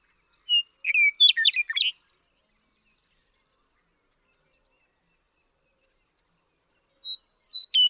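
Western meadowlark song: a whistled note leading into a bubbling, warbled flourish, a long quiet pause, then the next phrase beginning with similar bright whistles.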